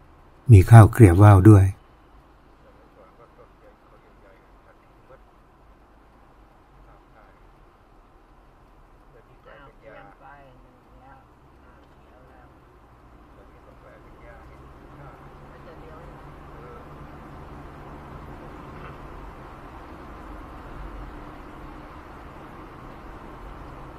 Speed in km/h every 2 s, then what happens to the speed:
0, 0, 0, 0, 0, 0, 0, 0, 0, 3, 4, 9.
0-16 standing. 16-24 pulls away to 9.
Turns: none.